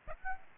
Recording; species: mosquito wingbeat signal from an infrared sensor; Aedes aegypti